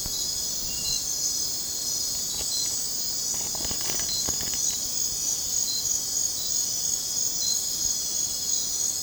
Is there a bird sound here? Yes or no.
no